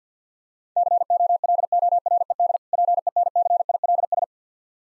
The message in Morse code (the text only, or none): COLORED PENCILS